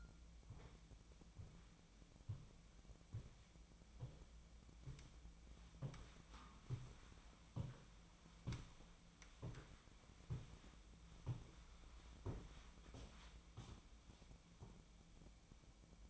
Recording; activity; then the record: daily activity, microphone in the room; walk to room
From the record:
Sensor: 1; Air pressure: 1010.1 hPa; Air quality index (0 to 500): 185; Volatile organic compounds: 16 ppm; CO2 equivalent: 2543 ppm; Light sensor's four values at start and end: 39/100/42/51 and 37/95/40/49